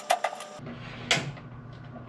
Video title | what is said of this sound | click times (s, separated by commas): Upgrading the Harbor Freight US General 4 Drawer Cart With Extra Drawer Storage | Hear that click? | 1.1 s